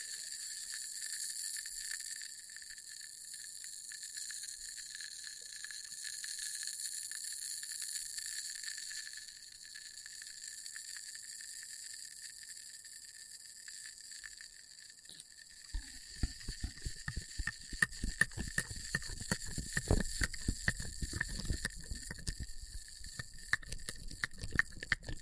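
Test tube triggers begin with a steady, high, glassy ringing layered over faint crackle for about fifteen seconds. Near the sixteen-second mark a dense stream of rapid tapping and crackly clicks starts, louder and fuller, running to the end.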